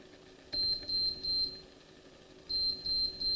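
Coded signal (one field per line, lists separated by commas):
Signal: beep code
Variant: AIM USB altimeter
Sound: high-pitched electronic beeps in a group, a pause, then another group starting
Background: faint room hum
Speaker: So that was good. 4 sets of short beeps.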